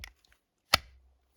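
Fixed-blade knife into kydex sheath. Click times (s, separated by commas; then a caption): 0.7 s. A fixed-blade knife is pushed into a molded kydex plastic sheath, and after a few faint rustles the retention snaps shut with one sharp, crisp click at 0.7 s, followed by a brief low rumble. The knife is seated and locked in the sheath, a snap that can be both heard and felt.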